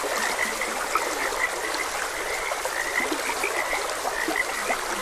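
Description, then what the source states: Frogs croaking in quick overlapping bursts, a dense chorus over gently flowing water. Frogs croaking beside a gentle stream.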